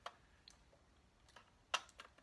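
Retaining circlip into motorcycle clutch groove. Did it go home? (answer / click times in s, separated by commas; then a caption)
partly / 1.8 s. A retaining circlip is worked into its groove in the clutch assembly of a Norton Commando 750 motorcycle, with several small metallic ticks around 0.1, 0.5, 1.4 and 2.0 s. The loudest click comes at 1.8 s. The circlip is still not fully seated and is to be taken back out.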